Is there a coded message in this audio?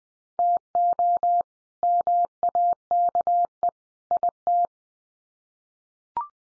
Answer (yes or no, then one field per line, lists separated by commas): yes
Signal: Morse code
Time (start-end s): 0.4-4.7 s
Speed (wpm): 20 wpm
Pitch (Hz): 700 Hz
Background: none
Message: TO MAKE IT